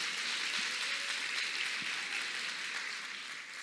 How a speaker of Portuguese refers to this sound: Aplaude que foi legal. Pode aplaudir.